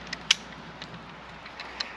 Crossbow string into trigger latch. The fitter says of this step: and then you'll just hear it lock in